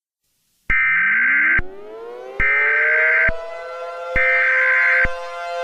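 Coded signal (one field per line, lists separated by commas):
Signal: Emergency Alert System (SAME) tones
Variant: header bursts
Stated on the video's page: Mock, fictional EAS alert for a nuclear power plant meltdown.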